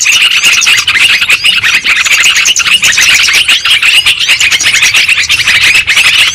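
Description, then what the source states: Many lovebirds twittering together, producing a continuous mesh of high, scratchy chirps and squeaks. Lure recording played to attract and trap lovebirds.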